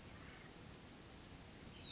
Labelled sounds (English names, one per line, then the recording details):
California Towhee
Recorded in Sonoma County, California